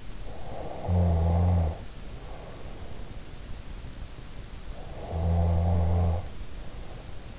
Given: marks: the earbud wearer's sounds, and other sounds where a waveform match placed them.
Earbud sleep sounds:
sounds in sleep by an in-ear microphone; snoring breath
0.28-3.08 s: snoring breath
4.79-7.39 s: snoring breath

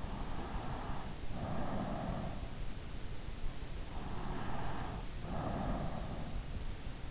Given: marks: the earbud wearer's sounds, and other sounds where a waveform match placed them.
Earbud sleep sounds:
sounds in sleep by an in-ear microphone; breath
0.00-2.40 s: breath
3.66-6.43 s: breath

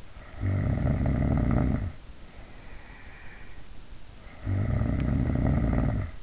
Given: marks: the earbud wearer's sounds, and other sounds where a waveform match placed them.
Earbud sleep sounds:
sounds in sleep by an in-ear microphone; snoring breath
0.00-3.83 s: snoring breath
4.17-6.17 s: snoring breath

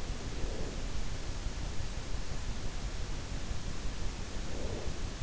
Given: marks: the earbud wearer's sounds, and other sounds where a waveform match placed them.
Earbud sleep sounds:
sounds in sleep by an in-ear microphone; breath
0.00-1.22 s: breath
4.15-5.18 s: breath

